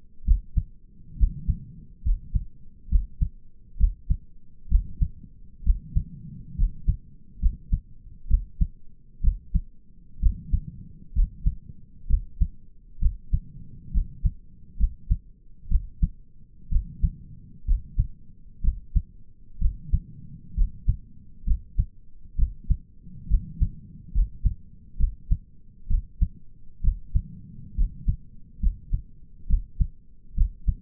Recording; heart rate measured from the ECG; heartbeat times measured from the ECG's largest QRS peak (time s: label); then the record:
heart sounds by stethoscope; 66 bpm
0.26 s: heartbeat
1.18 s: heartbeat
2.04 s: heartbeat
2.90 s: heartbeat
3.79 s: heartbeat
4.70 s: heartbeat
5.65 s: heartbeat
6.57 s: heartbeat
7.41 s: heartbeat
8.29 s: heartbeat
9.23 s: heartbeat
10.21 s: heartbeat
11.14 s: heartbeat
12.09 s: heartbeat
13.01 s: heartbeat
13.93 s: heartbeat
14.79 s: heartbeat
15.70 s: heartbeat
16.71 s: heartbeat
17.67 s: heartbeat
18.63 s: heartbeat
19.60 s: heartbeat
20.56 s: heartbeat
21.46 s: heartbeat
22.38 s: heartbeat
23.29 s: heartbeat
24.14 s: heartbeat
24.99 s: heartbeat
25.89 s: heartbeat
26.83 s: heartbeat
27.77 s: heartbeat
28.62 s: heartbeat
29.49 s: heartbeat
30.36 s: heartbeat
From the record:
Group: healthy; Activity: rest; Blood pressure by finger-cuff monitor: 84/56 mmHg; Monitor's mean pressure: 64 mmHg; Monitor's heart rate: 65 bpm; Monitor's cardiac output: 5.6 L/min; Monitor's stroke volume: 84 mL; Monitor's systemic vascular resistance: 820 dyn s/cm5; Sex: male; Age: 22 years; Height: 181 cm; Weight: 79 kg